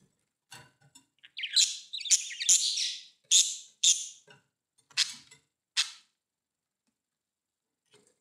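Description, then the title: Budgerigar chirps and warbling, a cluster of bright high bursts in the middle seconds, then two isolated chirps and quiet. "Budgie Sounds"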